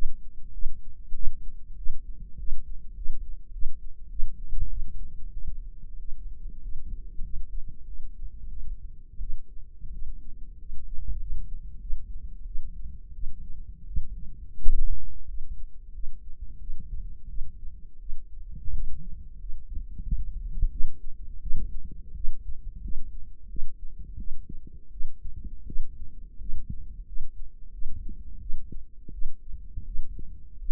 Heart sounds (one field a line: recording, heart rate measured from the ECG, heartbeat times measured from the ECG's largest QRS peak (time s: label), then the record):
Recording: heart sounds by microphone in the right ear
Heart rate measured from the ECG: 90 bpm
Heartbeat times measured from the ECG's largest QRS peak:
0.52 s: heartbeat
1.13 s: heartbeat
1.76 s: heartbeat
2.37 s: heartbeat
2.95 s: heartbeat
3.52 s: heartbeat
4.09 s: heartbeat
4.69 s: heartbeat
5.31 s: heartbeat
5.98 s: heartbeat
6.61 s: heartbeat
7.23 s: heartbeat
7.85 s: heartbeat
8.49 s: heartbeat
9.19 s: heartbeat
9.91 s: heartbeat
10.58 s: heartbeat
11.19 s: heartbeat
11.80 s: heartbeat
12.45 s: heartbeat
13.13 s: heartbeat
13.85 s: heartbeat
14.59 s: heartbeat
15.27 s: heartbeat
15.93 s: heartbeat
16.59 s: heartbeat
17.27 s: heartbeat
17.98 s: heartbeat
18.72 s: heartbeat
19.38 s: heartbeat
20.02 s: heartbeat
20.69 s: heartbeat
21.39 s: heartbeat
22.13 s: heartbeat
22.81 s: heartbeat
23.47 s: heartbeat
24.16 s: heartbeat
24.90 s: heartbeat
25.64 s: heartbeat
26.38 s: heartbeat
27.05 s: heartbeat
27.71 s: heartbeat
28.39 s: heartbeat
29.10 s: heartbeat
29.84 s: heartbeat
30.57 s: heartbeat
From the record:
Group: healthy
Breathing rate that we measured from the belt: 15 breaths a minute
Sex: female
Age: 19 years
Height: 163 cm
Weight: 51 kg